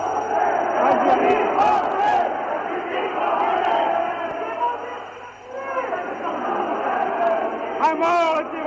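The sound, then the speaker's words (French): A dense angry crowd in Algiers' Place du Gouvernement, where armored cars are stationed, roars and shouts, many voices overlapping in a continuous loud clamor, with a brief dip before individual yells rise again near the end. “C'est en passant place du gouvernement, où sont installées quelques automitrailleuses, que la colère de la foule éclate.”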